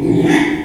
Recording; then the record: squeal of a Yucatan mini pig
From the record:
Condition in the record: after surgery on the right vocal fold (resection and tissue-engineered implant); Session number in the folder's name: 3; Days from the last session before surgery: 33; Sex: male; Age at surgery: 12 weeks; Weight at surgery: 13 kg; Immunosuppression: cyclosporine, prednisolone